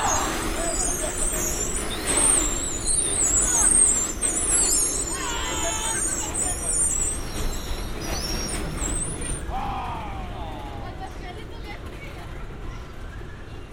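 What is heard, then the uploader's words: Bumper cars and roller coasters at Santa Monica Pier. A steady low rumble of machinery runs throughout, with shrill, scraping squeals over it for the first nine seconds. Voices cut through briefly around five seconds and again near ten, then the scene quiets slightly. Santa Monica Pier. A binaural field recording. Watching the bumper cars, the roller coasters.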